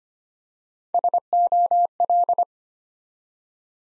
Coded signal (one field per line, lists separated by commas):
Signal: Morse code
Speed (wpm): 25 wpm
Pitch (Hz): 700 Hz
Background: none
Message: SOL